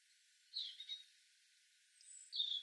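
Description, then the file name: European robin giving two short high phrases, the first warbled and wavering, the second thinner, with a quiet gap between, over a soft background hiss. "Erithacus rubecula"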